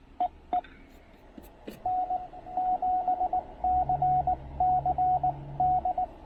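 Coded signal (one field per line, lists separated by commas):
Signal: Morse code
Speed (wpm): 20 wpm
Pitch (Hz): 690 Hz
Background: radio noise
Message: EE N7CCD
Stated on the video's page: QRP CW on 20 meters during a Parks on the Air activation using a TR-45 transceiver and Tufteln end-fed random wire antenna.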